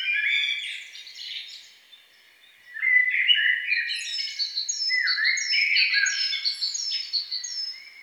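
Songbird singing in bursts of bright twittering and slurred notes, a brief lull near two seconds, then dense chattering with repeated thin descending whistles.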